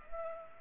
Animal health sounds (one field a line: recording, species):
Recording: mosquito wingbeat signal from an infrared sensor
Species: Culex pipiens